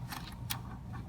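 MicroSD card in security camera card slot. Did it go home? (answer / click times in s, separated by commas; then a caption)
yes / 0.5 s. A microSD card is slid back into the spring-loaded card slot of an IPL10 security camera and pushed until it clicks and holds. Over a steady low hum, a sharp broadband click lands at 0.5 s, after softer scraping sounds, and the card is seated in place.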